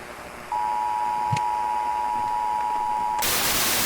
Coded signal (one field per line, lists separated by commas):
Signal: Emergency Alert System (SAME) tones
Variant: 853 and 960 Hz attention tone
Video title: Do Not Trust Emergency Alert System - Analog Horror